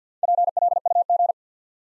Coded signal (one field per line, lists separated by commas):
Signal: Morse code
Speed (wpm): 48 wpm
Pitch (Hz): 700 Hz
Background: none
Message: PLUG